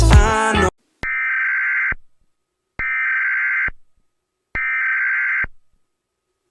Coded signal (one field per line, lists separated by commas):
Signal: Emergency Alert System (SAME) tones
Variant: header bursts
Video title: EAS Scenario #9 - Radioactive Outbreak (100 Subscribers)